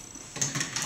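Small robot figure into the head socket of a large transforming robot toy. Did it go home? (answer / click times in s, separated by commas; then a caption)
yes / 0.4 s. A small Headmaster figure is fitted into the head socket of a large plastic transforming robot toy, a Transformers G1 Fortress Maximus, and it snaps into place. A faint low rustle is followed by a sharp plastic click at 0.4 s, then further softer clattering as the parts settle. The head is seated.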